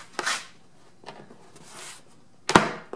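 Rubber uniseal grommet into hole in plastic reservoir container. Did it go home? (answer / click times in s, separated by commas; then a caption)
yes / 2.5 s, 2.6 s. A rubber uniseal grommet is dry-fitted by hand into a freshly cut 2.5 inch hole in the wall of a plastic reservoir container. Soft handling knocks and rubbing come first, with a brief burst near 0.2 s and fainter taps around 1.1 and 1.6 s. Then a sharp double pop at 2.5 s and 2.6 s marks the grommet seating in the hole.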